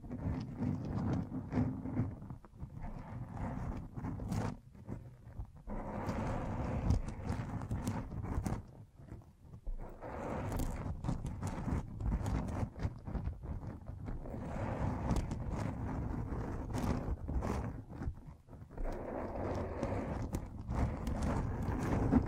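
A microphone being brushed and scratched, producing dense, rumbling rustles that come in bursts of a few seconds each, separated by brief quieter dips. Sharp clicks and scrapes punctuate the low, thick scraping throughout, with the texture staying rough and irregular.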